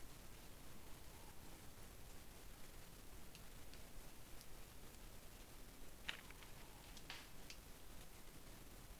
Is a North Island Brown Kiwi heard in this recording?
no